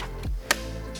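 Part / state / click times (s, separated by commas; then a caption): seat wiring harness connector into its mating socket on the seat loom / seated / 0.5 s. A seat wiring harness connector is pushed into its mating socket on the wiring loom of a 2021 BMW G82 M4 carbon bucket seat being fitted to a 2016 F80 M3. Over a steady tonal background, a single sharp, loud click rings out at 0.5 s as the plug snaps into place. The connector is seated.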